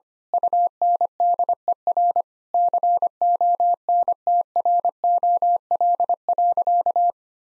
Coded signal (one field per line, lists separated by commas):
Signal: Morse code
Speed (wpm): 25 wpm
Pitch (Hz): 700 Hz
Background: none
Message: UNDER CONTROL.